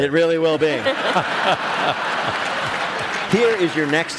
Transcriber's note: laughter